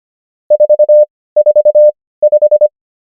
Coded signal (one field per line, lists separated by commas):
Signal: Morse code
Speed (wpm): 25 wpm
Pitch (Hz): 600 Hz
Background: none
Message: 4 4 5